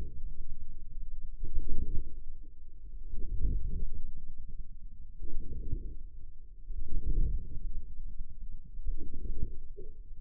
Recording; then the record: forearm muscle sounds (acoustic myography)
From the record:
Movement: inward rotation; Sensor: system 2, bracelet of six BSWA MPA416 microphones around the upper forearm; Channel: 6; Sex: male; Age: 22 years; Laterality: right